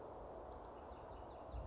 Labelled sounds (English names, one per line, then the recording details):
Bewick's Wren
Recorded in Sonoma County, California